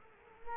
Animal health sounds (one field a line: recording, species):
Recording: mosquito wingbeat signal from an infrared sensor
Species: Culex quinquefasciatus